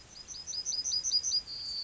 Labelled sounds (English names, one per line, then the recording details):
Yellowhammer song
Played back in grassland
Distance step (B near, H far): E
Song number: 110